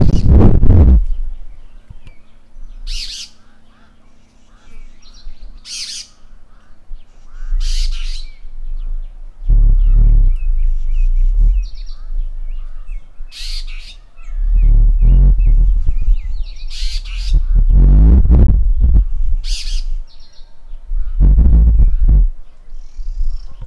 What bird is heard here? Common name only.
Superb Starling